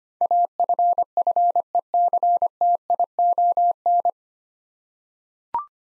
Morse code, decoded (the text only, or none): AFFECTION